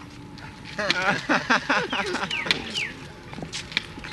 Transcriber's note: laughter